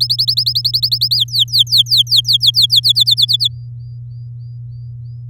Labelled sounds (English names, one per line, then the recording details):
Domestic Canary song
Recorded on 10 May 2018 at 16:05
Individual llb16